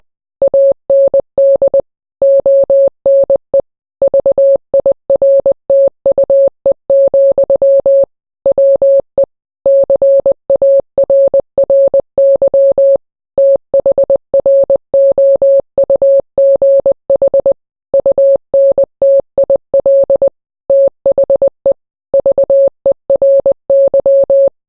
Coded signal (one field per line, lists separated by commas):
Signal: Morse code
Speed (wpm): 20 wpm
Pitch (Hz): 550 Hz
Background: none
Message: AND ONE VIRTUE, WE CARRY THROUGH UNTIL THE VERY